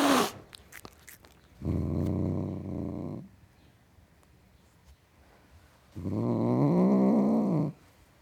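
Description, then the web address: Cat giving two long low throaty growls, the second wavering in pitch, with a brief higher sound at the very start. Tom cat (male) growling. "The BBC Sound Effects Library - Complete 60 CDs Collection (Cats) Tom Cat Growling"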